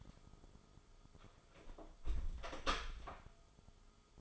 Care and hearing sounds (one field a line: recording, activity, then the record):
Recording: daily activity, microphone in the room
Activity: close door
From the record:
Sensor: 5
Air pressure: 1004.9 hPa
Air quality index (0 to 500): 104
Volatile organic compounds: 2 ppm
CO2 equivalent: 1274 ppm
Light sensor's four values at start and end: 35/81/33/32 and 35/82/33/32